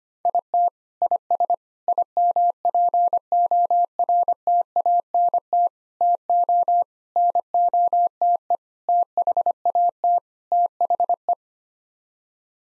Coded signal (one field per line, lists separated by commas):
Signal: Morse code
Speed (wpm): 25 wpm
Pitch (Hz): 700 Hz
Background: none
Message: IT IS IMPORTANT TO NOTE THAT THE